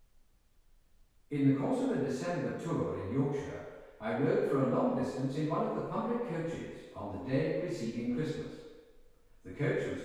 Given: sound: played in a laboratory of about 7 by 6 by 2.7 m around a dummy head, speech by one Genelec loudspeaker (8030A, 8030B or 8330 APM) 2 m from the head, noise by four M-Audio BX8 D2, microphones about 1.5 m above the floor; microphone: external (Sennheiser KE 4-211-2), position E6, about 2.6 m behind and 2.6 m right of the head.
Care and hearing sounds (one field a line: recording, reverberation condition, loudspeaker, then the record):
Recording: male speech in English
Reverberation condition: high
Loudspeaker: 90 degrees to the right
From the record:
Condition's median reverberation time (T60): about 1300 ms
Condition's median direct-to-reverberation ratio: about -4.0 dB